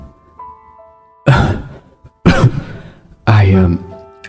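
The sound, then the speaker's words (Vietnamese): Three loud, harsh coughs from an old woman, each a broad raspy burst, spaced about a second apart with quiet pauses between them and faint steady tones in the background. “Dạo này ta hơi yếu, nói chuyện hơi khó nghe, uống mấy viên thuốc màu xanh lá cây đặt ngay trên bàn gỗ, miệng ho sụ sụ, rồi lại nói tiếp.”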